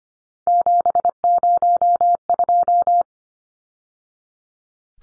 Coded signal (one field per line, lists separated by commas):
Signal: Morse code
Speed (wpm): 25 wpm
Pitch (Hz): 700 Hz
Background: none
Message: 702